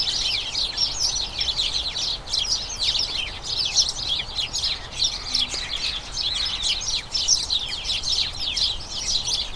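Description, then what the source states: Noisy house sparrow flock, continuous overlapping chirping that stays dense and even from start to finish. Colony of about a dozen house sparrows chattering incessantly in a small front garden as crocuses bloom, excitement signalling the colony turning to the breeding season.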